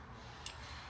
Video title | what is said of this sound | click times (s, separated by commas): FORD POWERSTROKE 6.7 CCV DELETE (HOW TO) ON THE F350 | That locks into place | 0.5 s